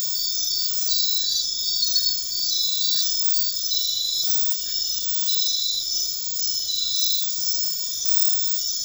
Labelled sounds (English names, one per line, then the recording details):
none
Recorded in dense forest near Puerto Asís, Putumayo, Colombia, on 18 February 2024 at 00:00
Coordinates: 0.500, -76.322
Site G6465